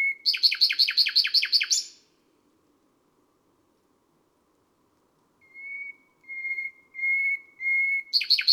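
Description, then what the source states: Nightingale singing a fast rattling trill of repeated notes, a pause, then a series of pure whistled notes swelling one by one before another rapid burst begins. Recorded on a May night.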